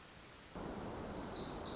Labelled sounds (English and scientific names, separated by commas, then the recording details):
Pacific Wren (Troglodytes pacificus)
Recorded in Sonoma County, California